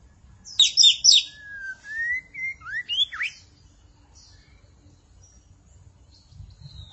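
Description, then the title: Magpie-robin or shama song: a burst of buzzy, scratchy high notes, then clear whistled glides rising and falling in quick varied phrases over about three seconds, followed by quiet. "Suara Burung Murai"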